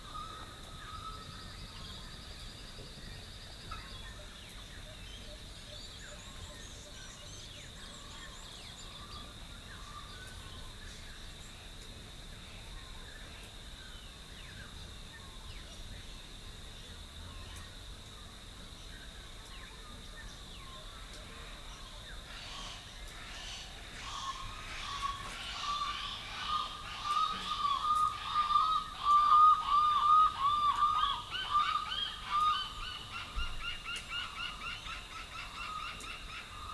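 A dawn chorus in the small town of Rathdowney, Queensland. For the first twenty seconds a steady high whine or insect drone holds under scattered soft calls, then from about 23 seconds birdsong grows louder and busier, with sharp repeated chirps and whistles peaking near 30 seconds.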